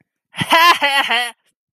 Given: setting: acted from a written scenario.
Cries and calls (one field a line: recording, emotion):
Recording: vocal sound without words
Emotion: amusement